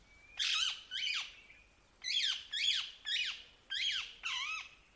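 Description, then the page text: Rose-ringed parakeet squawking in a series of shrill, descending shrieks, two early calls, a pause, then five more in quick succession. Nominate subspecies krameri. "Попугай Крамера - Rose-ringed Parakeet (Psittacula krameri krameri)"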